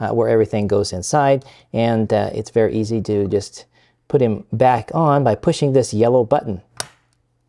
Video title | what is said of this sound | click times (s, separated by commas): Apple Hard Disk 20 (HD20) Recapping [Part 1 of 2] | and it clicks back into place | 6.8 s